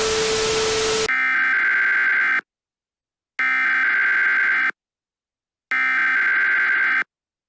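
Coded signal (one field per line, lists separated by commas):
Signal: Emergency Alert System (SAME) tones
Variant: header bursts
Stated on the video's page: Fictional analog-horror EAS scenario.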